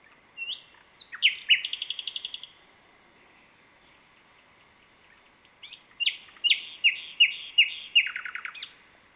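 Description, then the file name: Common nightingale song: a few whistled notes open into a fast, even trill, then after a pause of about three seconds a phrase of slurred notes repeated several times. "Luscinia megarhynchos"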